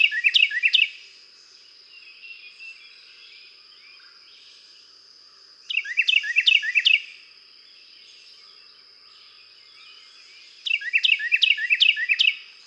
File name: Carolina Wren